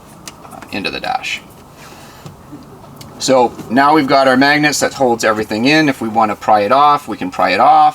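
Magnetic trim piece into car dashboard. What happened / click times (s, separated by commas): The magnetic trim piece snapped onto the dash / 0.3 s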